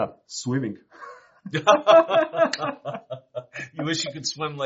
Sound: laughs